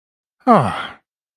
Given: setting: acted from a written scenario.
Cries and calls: vocal sound without words; relief

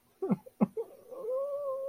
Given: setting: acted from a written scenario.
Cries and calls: vocal sound without words; elation

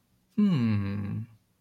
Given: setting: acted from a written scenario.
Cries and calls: vocal sound without words; interest

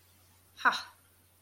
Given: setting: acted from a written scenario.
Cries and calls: vocal sound without words; pride

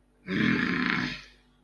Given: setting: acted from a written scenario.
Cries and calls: vocal sound without words; anger

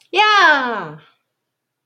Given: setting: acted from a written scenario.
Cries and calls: vocal sound without words; ecstasy

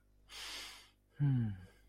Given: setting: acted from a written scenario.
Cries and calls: vocal sound without words; serenity

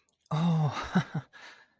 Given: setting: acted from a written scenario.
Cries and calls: vocal sound without words; elation

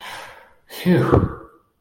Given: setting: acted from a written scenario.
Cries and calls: vocal sound without words; relief

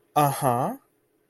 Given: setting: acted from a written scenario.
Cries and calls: vocal sound without words; realization

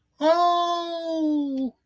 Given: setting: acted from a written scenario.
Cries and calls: vocal sound without words; positive surprise

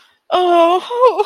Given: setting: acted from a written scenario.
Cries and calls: vocal sound without words; sadness

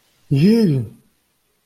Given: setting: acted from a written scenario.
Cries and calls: vocal sound without words; disgust

